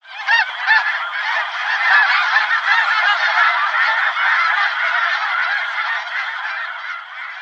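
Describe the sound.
Snow goose: snow geese calling: a dense flock of overlapping, nasal honks and yelps, continuous throughout, slowly easing in volume toward the end.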